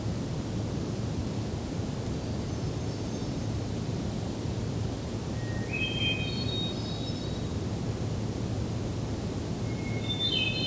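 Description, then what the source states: Hermit Thrush song with a faint first phrase, then clearer whistled phrases rising into layered flute-like tones, over a persistent low rumble. Bird singing near sunset on the trail to Hector Falls, Tionesta Scenic Area, Allegheny National Forest; cool weather; song begins with a sustained whistle, then echoing tones.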